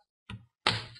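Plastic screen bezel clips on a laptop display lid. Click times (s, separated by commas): 0.3 s, 0.7 s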